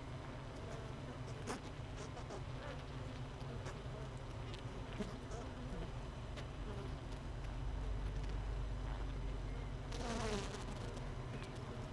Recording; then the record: honeybee colony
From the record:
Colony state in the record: missing queen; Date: 31 May 2018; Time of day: 16:44